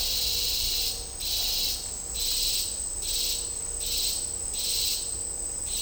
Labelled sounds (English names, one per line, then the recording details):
none
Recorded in dense forest near Puerto Asís, Putumayo, Colombia, on 20 December 2024 at 13:00
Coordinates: 0.499, -76.324
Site G045